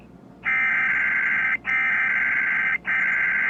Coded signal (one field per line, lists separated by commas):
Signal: Emergency Alert System (SAME) tones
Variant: header bursts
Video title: funny WSCN EAS glitch on Victor reader trek